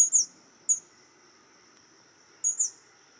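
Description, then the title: White-chinned sapphire calling with very high, thin, sharp chips: a quick pair, a single note, then another pair about two seconds later, over a steady high-pitched insect-like drone. Subspecies griseiventris. "LuckyPassaro Completos2Sama. White-chinned Sapphire"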